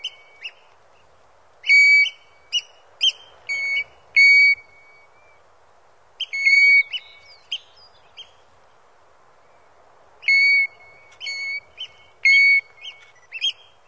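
European golden plover repeating plaintive, even-pitched whistles in loose clusters separated by quiet gaps, with a soft hiss underneath.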